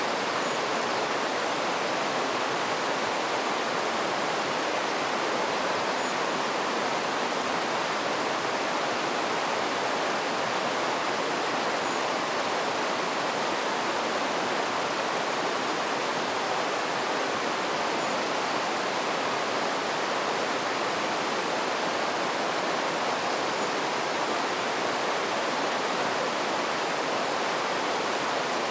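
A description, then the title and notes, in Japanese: A clear mountain river rushes steadily past, its water making a dense, unbroken hiss that stays at the same level throughout. The sound is bright, weighted toward the splashing upper range with little low rumble, and no other sounds stand out. 梓川の清流。今日は信濃川水系、梓川へやってきました。上流の上高地から流れてくる清流は蒼く澄み。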